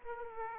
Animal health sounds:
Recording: mosquito wingbeat signal from an infrared sensor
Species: Aedes aegypti

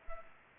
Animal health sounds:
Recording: mosquito wingbeat signal from an infrared sensor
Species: Culex pipiens

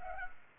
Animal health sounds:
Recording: mosquito wingbeat signal from an infrared sensor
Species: Culex pipiens

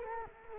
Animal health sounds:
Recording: mosquito wingbeat signal from an infrared sensor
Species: Culex quinquefasciatus

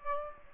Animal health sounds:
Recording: mosquito wingbeat signal from an infrared sensor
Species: Aedes aegypti

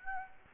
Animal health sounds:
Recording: mosquito wingbeat signal from an infrared sensor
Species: Aedes aegypti

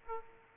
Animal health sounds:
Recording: mosquito wingbeat signal from an infrared sensor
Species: Aedes aegypti

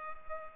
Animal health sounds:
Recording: mosquito wingbeat signal from an infrared sensor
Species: Culex pipiens

